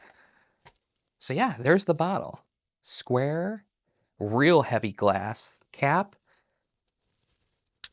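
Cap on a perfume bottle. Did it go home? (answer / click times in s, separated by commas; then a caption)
yes / 7.8 s. A heavy glass cap is pushed onto a square perfume bottle while someone talks, and it snaps on with a sharp click at 7.8 s. The cap clicks into place.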